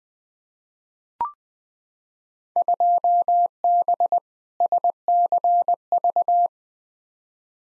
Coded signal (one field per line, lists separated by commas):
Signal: Morse code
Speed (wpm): 20 wpm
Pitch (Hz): 700 Hz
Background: none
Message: 2B SCV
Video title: Field Day Exchange Encore v3 - 20wpm